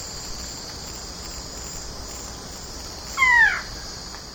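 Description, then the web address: Plain-winged Antshrike giving a single nasal, downslurred call note, over a steady high insect drone. Recorded in the eastern lowlands of South America. "Natures Songs S America Eastern Lowlands. Plain-winged Antshrike"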